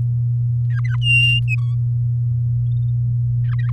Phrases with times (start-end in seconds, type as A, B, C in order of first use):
0.70-0.96 A, 1.01-1.40 B, 1.48-1.75 C, 3.44-3.71 A